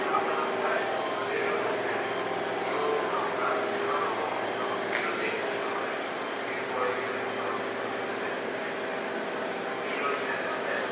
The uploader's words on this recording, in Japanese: 相鉄7000系 横浜ー大和。車体アルミ製20m長の車体。